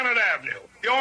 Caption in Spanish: Este es un video que es genial porque es de los Flintstones. Nosotros debemos escuchar más o menos entre 0 a 20. Eso habla de una audición normal. Entonces, ese el audio que pasaron ahorita es, o sea, como si escuchamos normal.